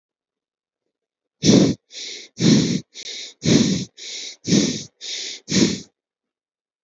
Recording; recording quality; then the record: shallow breathing; excellent, no background noise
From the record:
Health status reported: healthy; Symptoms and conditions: none ticked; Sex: male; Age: 40 years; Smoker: yes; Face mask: not worn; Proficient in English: yes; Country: India